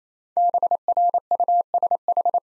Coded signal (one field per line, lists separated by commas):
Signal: Morse code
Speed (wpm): 28 wpm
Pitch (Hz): 700 Hz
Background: none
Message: BRUSH